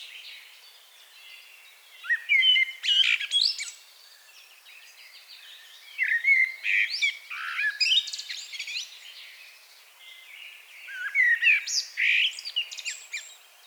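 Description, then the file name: Common blackbird song in three separate phrases, each a low, rich warble rising into thin squeaky notes, with quiet gaps between them. "Turdus merula"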